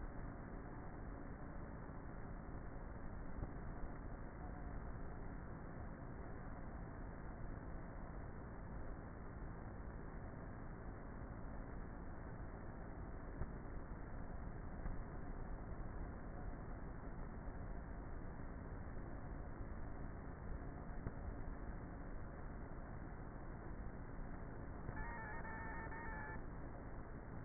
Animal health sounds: honeybee colony, microphone inside the hive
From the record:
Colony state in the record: queenless with a low population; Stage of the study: before two queens were removed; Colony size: about 30,000 bees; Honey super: no

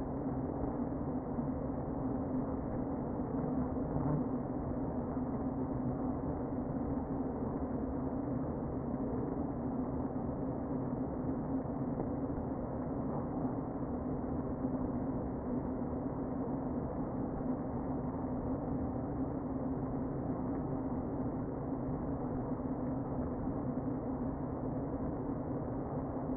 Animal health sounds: honeybee colony, microphone inside the hive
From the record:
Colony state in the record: queen present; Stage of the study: before two queens were removed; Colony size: about 60,000 bees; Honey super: yes

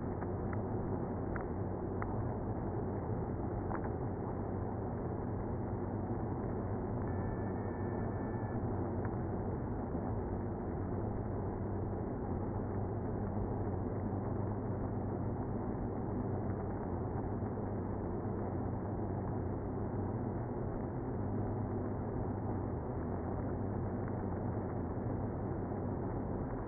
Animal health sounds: honeybee colony, microphone inside the hive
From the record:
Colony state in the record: queenless (queen removed); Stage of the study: after two queens were removed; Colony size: about 60,000 bees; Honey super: yes

